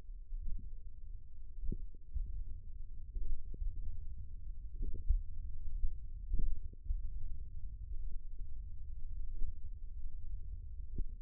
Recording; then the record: forearm muscle sounds (acoustic myography)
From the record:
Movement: finger pinch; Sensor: system 1, eight BSWA MPA416 microphones around the upper forearm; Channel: 7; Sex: male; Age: 20 years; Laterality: left